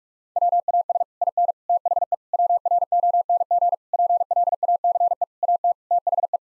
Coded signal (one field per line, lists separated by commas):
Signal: Morse code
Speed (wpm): 41 wpm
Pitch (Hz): 700 Hz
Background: none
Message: WAS IN THE WRONG PLACE AT THE